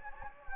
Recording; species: mosquito wingbeat signal from an infrared sensor; Anopheles gambiae